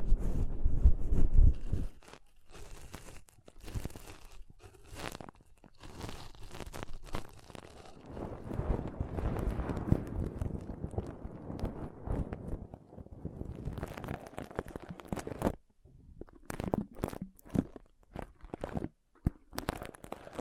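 Pom poms being squished and rubbed, making dense crinkly, crunchy rustling. A heavy, thumpy burst opens the first two seconds, then steady scratchy rustling runs until about twelve seconds, giving way to sparser crackles and soft taps separated by brief silences.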